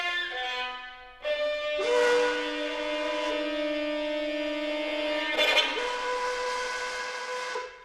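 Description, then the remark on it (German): A steam train's whistle sounds at a railway station in long, sustained, harmonic blasts, shifting pitch partway through, with a rush of hissing steam and a brief burst of hiss near the end. No one speaks. “Bringst du mich zur Bahn? Wann fährt dein Zug?”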